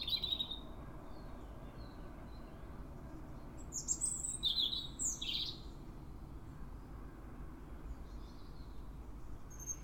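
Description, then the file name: European robin giving thin, high, twittering phrases, a short one at the start and a longer run of varied sliding notes midway, over a steady low rumble. "Erithacus rubecula"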